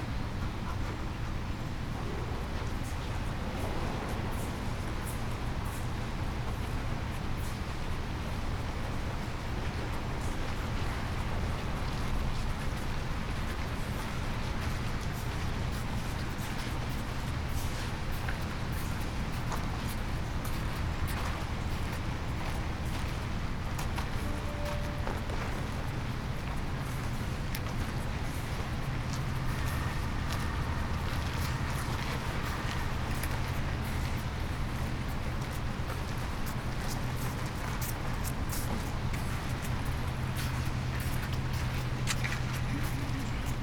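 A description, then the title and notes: A field recording from Japan: a steady low rumble of vehicle traffic runs through all 44 seconds, thick and unbroken at the bottom. Frequent short clicks and ticks scatter across the top, and faint voices surface now and then, with a brief tone near the end. Field recordings I made in Japan.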